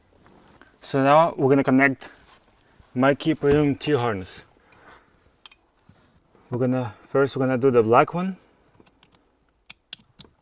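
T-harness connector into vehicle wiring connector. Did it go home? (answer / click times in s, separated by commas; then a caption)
yes / 9.9 s. Someone talks while connecting the black plastic connector of a MyKey Premium remote-starter T-harness to its mating vehicle wiring connector during a remote engine starter install on a 2016–2020 KIA Optima with key ignition. After the talking, faint plastic handling ticks lead to a sharp click at 9.9 s as the connector latches fully in and is seated.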